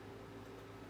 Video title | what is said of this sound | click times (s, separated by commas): The BEST Teardrop Trailer that Will Fit in a Garage?! 2022 Little Guy Micro Max | And then I don't know why that's not wanting to snap in place for me. | none